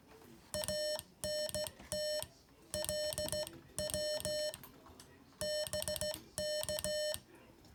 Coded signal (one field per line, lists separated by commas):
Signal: Morse code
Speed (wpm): 15 wpm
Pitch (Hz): 600 Hz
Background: music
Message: ANT LW BK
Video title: Learn Morse: Homework 3